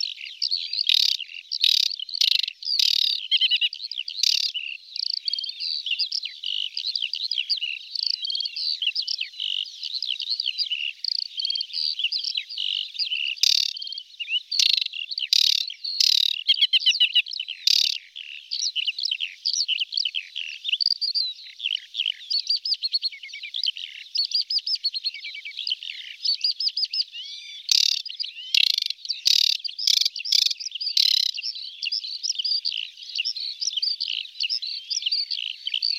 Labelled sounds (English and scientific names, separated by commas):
Aquatic Warbler (Acrocephalus paludicola) song